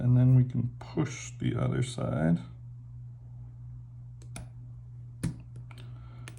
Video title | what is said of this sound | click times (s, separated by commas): Installing and resizing the Crossroads bracelet | and it should snap right in there we go | 5.2 s